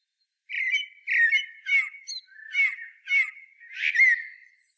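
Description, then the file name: Common blackbird giving a series of six chattering notes, each with a sharp high edge. "Turdus merula"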